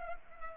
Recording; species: mosquito wingbeat signal from an infrared sensor; Culex pipiens